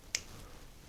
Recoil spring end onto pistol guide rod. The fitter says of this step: just like that I hope you guys heard that click but you have to pop the end of The Recoil spring